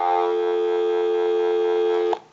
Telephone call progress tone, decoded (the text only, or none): dial tone